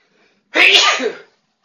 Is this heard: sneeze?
yes